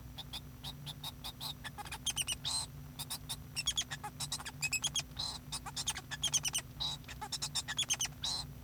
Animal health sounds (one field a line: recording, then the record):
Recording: song of a male Bengalese finch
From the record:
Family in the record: son of father 2